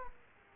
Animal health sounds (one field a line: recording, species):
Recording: mosquito wingbeat signal from an infrared sensor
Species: Aedes aegypti